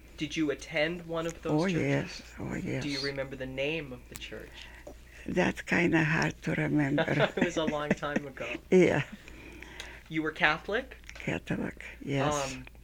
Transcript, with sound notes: Did you attend one of those churches?
Oh, yes. Oh, yes.
Do you remember the name of the church?
That's kind of hard to remember. [Chuckles]
It was a long time ago.
Yeah.
You were Catholic?
Catholic, yes.